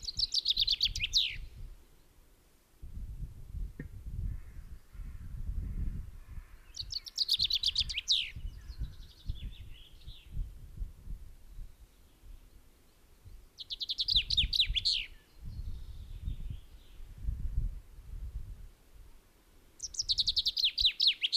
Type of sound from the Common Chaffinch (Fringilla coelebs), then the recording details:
song. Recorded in the wild. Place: Garmisch-Partenkirchen, Bayern, DE. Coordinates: 47.5206, 11.0811. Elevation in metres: 847. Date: 1967-03-26. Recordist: Tretzel, Erwin. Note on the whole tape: Ostern 1967, Pflegersee: Gesang